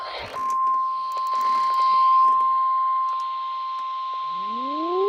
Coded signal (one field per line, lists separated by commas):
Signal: Emergency Alert System (SAME) tones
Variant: 1050 Hz attention tone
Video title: RARE - DOUBLE HEADER BLIZZARD WARNING FOR MY AREA! - 2/22/26 (EAS #2,506-2,508)